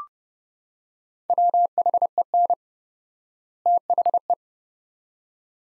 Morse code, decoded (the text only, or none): WHEN THE